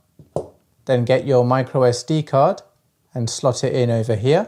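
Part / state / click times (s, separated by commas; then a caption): battery in 360 camera body / released / 0.4 s. Two battery clips on an Insta360 ONE X2 360 camera are opened with two fingers, and the battery pops out of its compartment with a sharp, loud snap at 0.4 s, after a faint tick at 0.2 s. Someone then talks.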